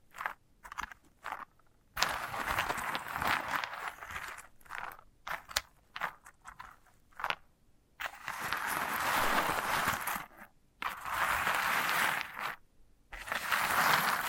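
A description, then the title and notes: ASMR of a sunflower head: dense, bright scratching and crackling, like fingers raking over dry seeds, comes in long bursts. Short, choppy scrapes open the clip. Brief silences fall near two, eight, eleven and thirteen seconds before the rustling resumes. ASMR of a Sunflower Head (No Talking).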